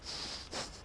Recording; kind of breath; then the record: one breath in and out by a microphone near the nose and mouth; strong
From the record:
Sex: male